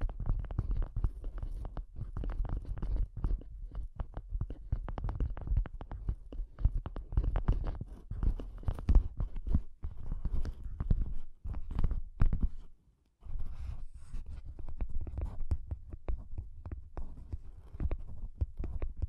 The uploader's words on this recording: ASMR Bassy and Soft Tapping Sounds. No Talking.